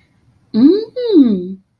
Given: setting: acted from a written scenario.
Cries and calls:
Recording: vocal sound without words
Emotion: interest

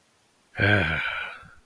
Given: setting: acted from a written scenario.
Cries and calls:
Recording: vocal sound without words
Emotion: sympathy

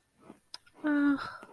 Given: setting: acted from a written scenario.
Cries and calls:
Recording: vocal sound without words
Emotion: desire

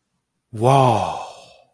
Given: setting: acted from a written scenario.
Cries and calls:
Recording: vocal sound without words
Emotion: awe

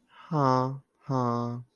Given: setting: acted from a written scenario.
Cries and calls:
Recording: vocal sound without words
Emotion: sympathy

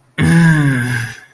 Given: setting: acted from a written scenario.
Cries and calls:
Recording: vocal sound without words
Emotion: pain

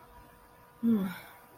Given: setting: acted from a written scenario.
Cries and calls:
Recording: vocal sound without words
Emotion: disappointment

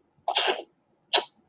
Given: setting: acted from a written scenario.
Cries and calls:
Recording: vocal sound without words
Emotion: distress

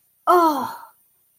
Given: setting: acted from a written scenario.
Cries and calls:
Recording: vocal sound without words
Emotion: pain

